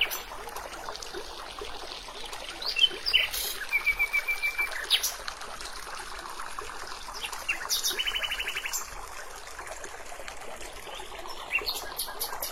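Birds sing over a steady stream in a forest. A rapid series of short chirps runs from about 3 to 5 seconds, and a buzzy trill comes near 8 seconds, with scattered calls elsewhere. The bright, trickling water noise stays constant beneath them throughout.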